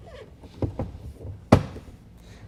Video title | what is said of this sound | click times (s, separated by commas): Gator Evo Hard Folding Tonneau Cover Install on a 2015 F150 - GatorCovers.com | we just heard it click it's because it just latched into the rails we installed | 1.5 s